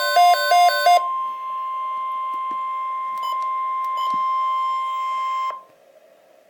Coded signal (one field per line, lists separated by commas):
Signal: Emergency Alert System (SAME) tones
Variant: 1050 Hz attention tone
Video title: Severe Thunderstorm Watch #20 - EAS #321